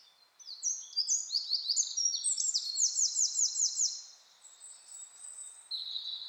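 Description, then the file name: Eurasian wren song: a fast, loud run of high, sharp notes sliding into a rapid rattling trill, with another brief high phrase starting near the end. "Troglodytes troglodytes"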